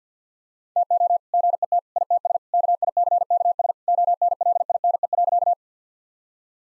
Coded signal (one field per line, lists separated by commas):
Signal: Morse code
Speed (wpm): 50 wpm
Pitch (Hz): 700 Hz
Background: none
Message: TO GET ITS KICKS ONLINE.